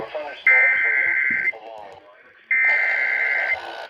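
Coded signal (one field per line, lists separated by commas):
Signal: Emergency Alert System (SAME) tones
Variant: header bursts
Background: speech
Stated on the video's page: Real EAS alerts during Tropical Storm Fred.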